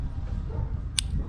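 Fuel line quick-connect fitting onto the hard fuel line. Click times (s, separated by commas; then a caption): 1.0 s. An AN-to-3/8 quick-connect fuel fitting is pushed onto the hard fuel line of a 3rd gen Camaro during a -6AN fuel system install. A sharp, bright click sounds at 1.0 s over a low background rumble, and the fitting is seated on the line.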